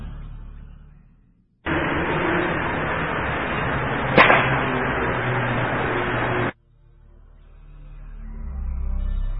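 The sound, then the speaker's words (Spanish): A single sharp musket shot cracks out midway through a steady band of loud, hissing static, with a brief ringing tail before the hiss cuts off abruptly. It is a psychophony recording made at the site of a famous battle, where combatants died and are buried. “Una de las psicofonías más características que obtuve allí fue un disparo de un mosquetón, un disparo que desde luego en la realidad no se escuchó.”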